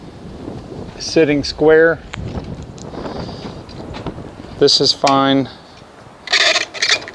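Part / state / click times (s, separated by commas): trimmer locking into a trailer trimmer rack / not seated / none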